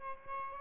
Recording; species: mosquito wingbeat signal from an infrared sensor; Aedes albopictus